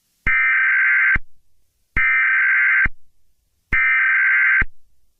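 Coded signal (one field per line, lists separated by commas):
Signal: Emergency Alert System (SAME) tones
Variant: header bursts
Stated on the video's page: Fictional EAS scenario based on a Jurassic Park novel.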